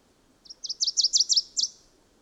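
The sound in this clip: Bird song: a short phrase of about seven high, quickly repeated down-slurred notes, growing louder then ending, against quiet background hiss.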